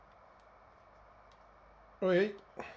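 The plastic head of a Generation Toy GT11 Red Bull transforming robot toy (T-Beasts Sideswipe) is handled as it is brought back toward the body, with faint low handling noise and someone talking briefly near 2.0 seconds. A short tap follows at about 2.6 seconds, but the head has not yet seated or clicked back on when the clip ends.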